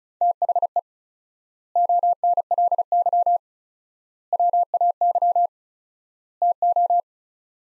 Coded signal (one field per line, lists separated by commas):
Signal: Morse code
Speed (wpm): 36 wpm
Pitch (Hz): 700 Hz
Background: none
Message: THE ONLY WAY TO